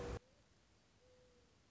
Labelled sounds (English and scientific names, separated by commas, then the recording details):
Mourning Dove (Zenaida macroura)
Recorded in Sonoma County, California